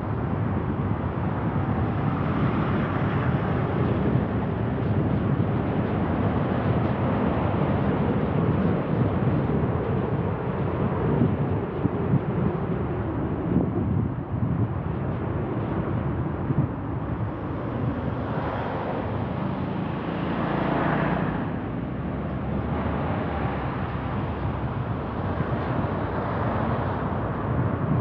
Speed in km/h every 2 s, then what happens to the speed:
37, 42, 44, 43, 41, 38, 34, 28, 19, 12, 21, 30, 36, 40.
0-3 speeds up to 44. 3-17 slows to 12. 18-28 speeds up to 40.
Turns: none.